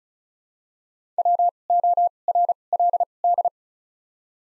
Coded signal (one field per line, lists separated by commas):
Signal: Morse code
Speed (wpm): 36 wpm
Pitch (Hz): 700 Hz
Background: none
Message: WORLD